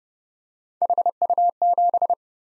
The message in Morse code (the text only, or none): HU7